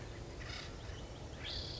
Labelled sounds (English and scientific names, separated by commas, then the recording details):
Acorn Woodpecker (Melanerpes formicivorus)
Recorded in Sonoma County, California